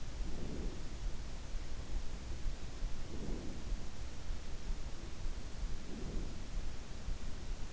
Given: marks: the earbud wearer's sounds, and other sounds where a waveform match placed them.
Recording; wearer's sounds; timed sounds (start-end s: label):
sounds in sleep by an in-ear microphone; breath
0.30-1.16 s: breath
3.02-3.90 s: breath
5.70-6.46 s: breath